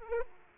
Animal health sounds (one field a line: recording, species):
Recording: mosquito wingbeat signal from an infrared sensor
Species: Aedes aegypti